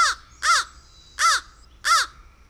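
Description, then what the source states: Crow cawing, four harsh, hoarse caws at uneven intervals, each with a slightly arched, ragged tone. Crows perform anting, covering themselves in ants, possibly to get rid of parasites.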